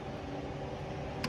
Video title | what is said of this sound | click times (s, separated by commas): A/C Freezing | and it's just like an air hose where you just slide it back push it on and it'll click into place | 1.2 s